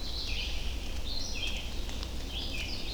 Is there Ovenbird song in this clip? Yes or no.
no